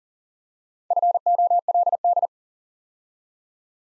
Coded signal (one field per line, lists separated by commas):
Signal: Morse code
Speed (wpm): 39 wpm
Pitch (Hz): 700 Hz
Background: none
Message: FOLD